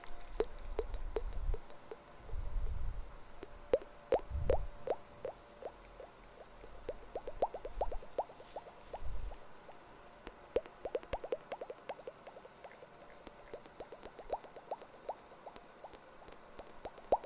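Mouth sounds with echo: a steady run of sharp wet clicks and pops, sparse at first and growing quicker and denser after about seven seconds. Soft low thumps surface now and then, near the start, around two to five seconds, and near nine.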